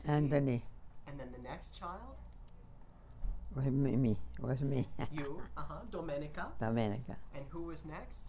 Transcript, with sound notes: Anthony.
And then the next child?
It was me. ( she laughs )
You, Domenica.
Domenica.
And who was next?